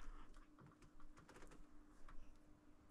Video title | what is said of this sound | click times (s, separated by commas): Un apprenti de 14 ans te montre comment passer ta Golf au contrôle technique. | Clic, clic. Clic, clic. Putain, elle marche bien cette clé en vrai. | 1.3 s, 2.1 s